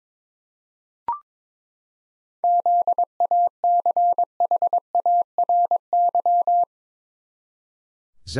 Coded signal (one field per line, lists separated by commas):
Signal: Morse code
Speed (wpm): 22 wpm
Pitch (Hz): 700 Hz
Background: none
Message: ZACHARY